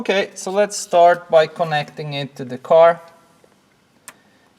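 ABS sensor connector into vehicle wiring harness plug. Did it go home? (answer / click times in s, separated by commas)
yes / 4.1 s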